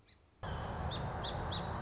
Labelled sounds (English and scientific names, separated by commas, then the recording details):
Song Sparrow (Melospiza melodia)
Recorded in Sonoma County, California